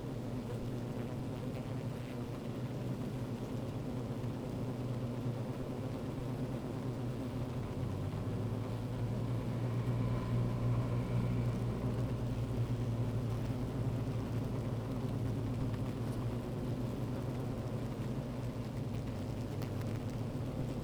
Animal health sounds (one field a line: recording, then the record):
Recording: honeybee colony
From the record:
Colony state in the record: active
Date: 28 July 2017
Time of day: 15:25